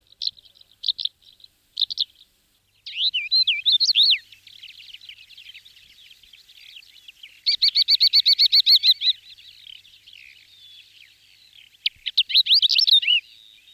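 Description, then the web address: Greater short-toed lark song: bursts of high chirps, then a varied warbling phrase, a fast even trill of repeated notes, and a final twittering burst, all against a quiet background. "jadelmo pajaros Terrera comun"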